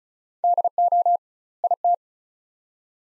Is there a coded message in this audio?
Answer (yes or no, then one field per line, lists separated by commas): yes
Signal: Morse code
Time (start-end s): 0.4-1.9 s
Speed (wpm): 36 wpm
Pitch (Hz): 700 Hz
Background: none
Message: DO IT